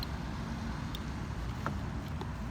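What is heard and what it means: A public charging station's connector is pushed toward a Chevy Bolt EV's charging port. Faint handling ticks sound over a steady background of vehicle and traffic noise. The plug has not seated or latched yet.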